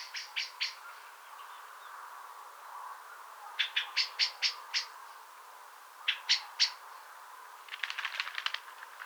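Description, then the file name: Common blackbird calls, sharp clicking chack notes in quick bursts of several, followed by a faster chattering run near the end. "Turdus merula"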